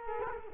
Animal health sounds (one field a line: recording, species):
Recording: mosquito wingbeat signal from an infrared sensor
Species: Culex quinquefasciatus